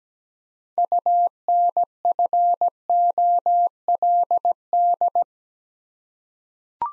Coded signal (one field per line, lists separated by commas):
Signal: Morse code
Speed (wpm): 17 wpm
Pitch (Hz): 700 Hz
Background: none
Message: UNFOLD